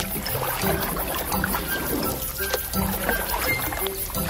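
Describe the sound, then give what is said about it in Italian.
A boat returning with a woman and her children moves steadily through water, with continuous sloshing and trickling splashes, a low rumble underneath and a few faint tonal whistles, at a fairly even, moderate loudness. “Proprio mentre era seduto lì a darsi la colpa, sua moglie e i suoi figli tornarono con la barca.”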